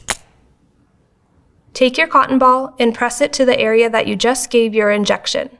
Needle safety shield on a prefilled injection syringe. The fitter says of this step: then pressing it to a hard surface until you hear a click